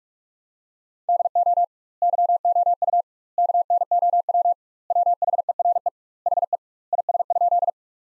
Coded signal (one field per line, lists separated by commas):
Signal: Morse code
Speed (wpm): 46 wpm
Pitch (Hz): 700 Hz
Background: none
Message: DO YOU KNOW WHERE HE IS?